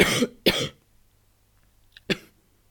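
Three abrupt, harsh bursts of noise are heard. The first two come close together, and a third follows after a short pause. This is a plain dry-sounding adult cough in a quiet room.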